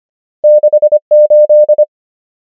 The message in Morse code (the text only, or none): 6 8